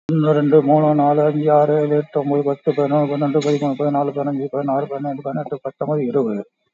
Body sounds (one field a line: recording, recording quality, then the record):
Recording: counting at a fast pace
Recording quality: excellent, no background noise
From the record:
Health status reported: COVID-19 positive, mild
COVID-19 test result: positive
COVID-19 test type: RT-PCR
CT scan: taken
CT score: 7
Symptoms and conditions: cough, cold, breathing difficulty, hypertension, diabetes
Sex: male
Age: 68 years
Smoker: no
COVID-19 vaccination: one dose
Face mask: worn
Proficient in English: yes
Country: India